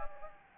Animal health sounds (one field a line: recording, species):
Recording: mosquito wingbeat signal from an infrared sensor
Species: Anopheles gambiae